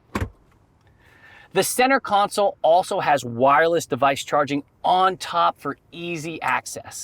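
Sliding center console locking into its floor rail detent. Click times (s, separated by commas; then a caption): 0.2 s. The sliding center console of a 2026 Hyundai IONIQ 9 (all-wheel drive Performance Limited trim and up) is slid along its floor rails after its handle is pressed, and it locks into position with a sharp click at 0.2 s. Faint softer ticks follow, then someone talks.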